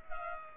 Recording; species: mosquito wingbeat signal from an infrared sensor; Culex pipiens